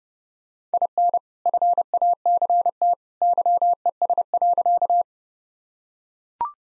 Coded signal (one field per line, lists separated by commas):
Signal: Morse code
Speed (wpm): 29 wpm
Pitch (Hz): 700 Hz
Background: none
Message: IN FACT YES.